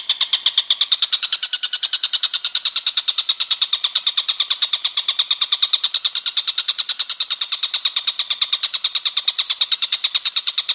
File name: tengkek buto om andri